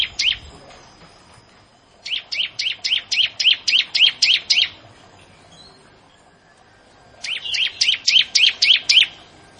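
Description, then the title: Bar-winged prinia song: two rapid, evenly spaced runs of about nine high chirps each, separated by a quiet gap of over two seconds. "Ciblek Sawah"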